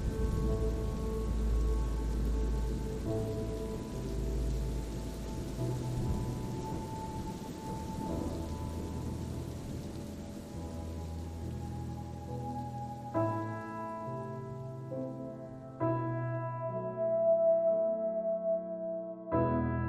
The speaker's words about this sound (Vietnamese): Thi đứng ngay người ra đó, mặc cho mưa rơi ướt người, mặc cho từng hạt mưa thấu lạnh từng thứ thịt.